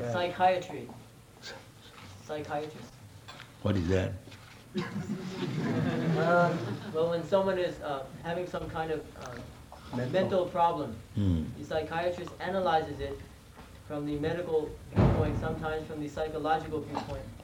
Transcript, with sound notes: Psychiatry. Psychiatrist.
What is that? [laughter]
Well, when someone is having some kind of mental problem, the psychiatrist analyzes it from the medical viewpoint, sometimes from the psychological viewpoint.